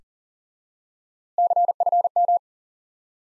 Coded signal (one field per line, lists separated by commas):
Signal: Morse code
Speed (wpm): 37 wpm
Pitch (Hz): 700 Hz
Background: none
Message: CFM